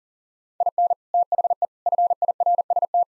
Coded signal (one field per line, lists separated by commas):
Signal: Morse code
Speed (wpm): 37 wpm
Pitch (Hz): 700 Hz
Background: none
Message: IN THE FIRST